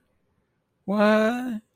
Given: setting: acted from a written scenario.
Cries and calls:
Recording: vocal sound without words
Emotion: confusion

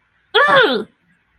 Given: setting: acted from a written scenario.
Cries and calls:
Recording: vocal sound without words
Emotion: anger

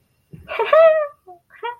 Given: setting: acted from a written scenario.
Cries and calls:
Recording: vocal sound without words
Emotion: amusement

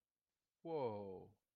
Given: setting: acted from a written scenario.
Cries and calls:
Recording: vocal sound without words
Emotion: awe

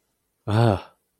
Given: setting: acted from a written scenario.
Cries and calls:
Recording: vocal sound without words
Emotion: negative surprise

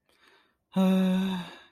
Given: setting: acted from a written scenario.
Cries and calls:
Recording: vocal sound without words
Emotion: disappointment

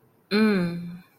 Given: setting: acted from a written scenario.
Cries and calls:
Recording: vocal sound without words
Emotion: contentment

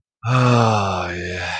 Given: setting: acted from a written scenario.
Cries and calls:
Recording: vocal sound without words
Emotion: ecstasy

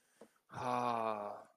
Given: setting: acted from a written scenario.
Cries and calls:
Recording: vocal sound without words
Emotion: relief

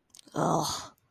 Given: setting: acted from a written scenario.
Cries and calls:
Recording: vocal sound without words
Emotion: contempt

